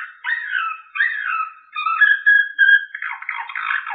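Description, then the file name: Canary song with drawn-out whistled notes and slurred phrases, a steady held tone in the middle, then a rapid rattling trill. Slavujar style canary song. "sample suara kenari slavujar omkicau"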